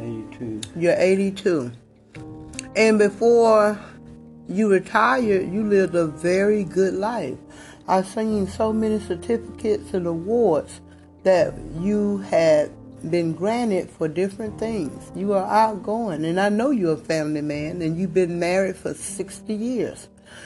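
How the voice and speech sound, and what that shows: A woman interviewer speaks clearly and fluently in a warm, conversational voice, with natural pauses and one brief drawn-out hesitation. This is ordinary adult speech with steady voicing, heard in a quiet indoor room during an interview.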